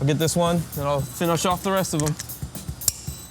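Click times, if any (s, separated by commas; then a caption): 2.9 s. A click-type torque wrench set to 65 ft-lb tightens a lug nut on a car wheel, working in a star pattern with the car resting under its own weight. Someone talks through the first two seconds, then there are softer ratcheting and handling sounds. A sharp click at 2.9 s shows the nut has reached the set torque.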